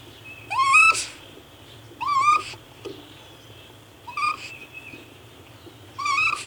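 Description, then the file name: Raccoon making four rising, nasal whining calls, roughly one every one and a half to two seconds, with a faint low hum throughout. "Animal Raccoon"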